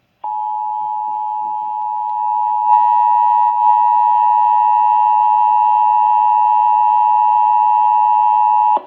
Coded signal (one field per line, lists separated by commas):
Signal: Emergency Alert System (SAME) tones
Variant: 853 and 960 Hz attention tone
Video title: AMBER Alert Texas and ENHANCED RISK OF SPC EAS Alerts From 3/14/24 (EAS#749 - #765)